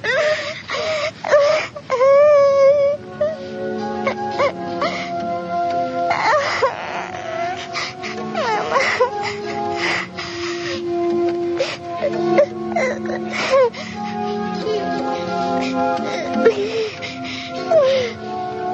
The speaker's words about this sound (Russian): Там, упав на холодную полку, среди запахов сажи и веников, она разразилась самым горьким плачем в своей маленькой жизни.